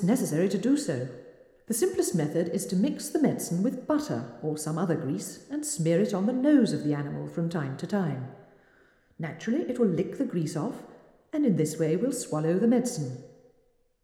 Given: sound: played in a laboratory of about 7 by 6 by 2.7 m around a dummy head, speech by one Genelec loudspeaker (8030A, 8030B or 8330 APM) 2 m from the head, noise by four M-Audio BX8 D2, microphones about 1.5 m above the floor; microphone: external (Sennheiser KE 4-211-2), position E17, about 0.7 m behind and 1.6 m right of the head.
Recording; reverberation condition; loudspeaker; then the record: female speech in English; high; 120 degrees to the right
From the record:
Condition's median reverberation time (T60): about 1300 ms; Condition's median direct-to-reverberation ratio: about -4.0 dB